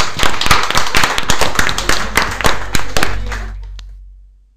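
An audience claps quick and steady in an even rhythm for about three and a half seconds, then stops as a low hum lingers and fades away.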